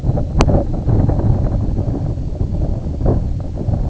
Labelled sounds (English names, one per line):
none